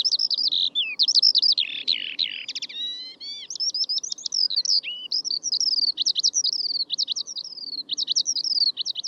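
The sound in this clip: Eurasian Skylark song, a rich run of high chirps, descending slurred whistles and rapid repeated phrases that keeps going for about nine seconds over a faint low hum.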